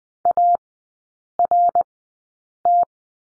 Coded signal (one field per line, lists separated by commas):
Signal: Morse code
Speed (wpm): 20 wpm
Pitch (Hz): 700 Hz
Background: none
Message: ART